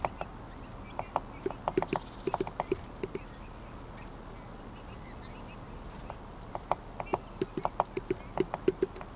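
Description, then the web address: Woodpecker tapping: sharp, irregular knocks in short bursts, pausing midway then resuming, over a steady low background hiss. "linnut Tikkojen koputus"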